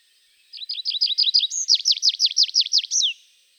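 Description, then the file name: Tree pipit song of two repeated-note phrases, a soft quick series followed by louder, stronger down-slurred notes and a final slur. "Pipit des arbres"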